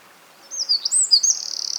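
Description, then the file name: Eurasian wren song: a short burst of very high, quick notes flowing into the start of a rapid buzzing trill. "Troglodytes troglodytes"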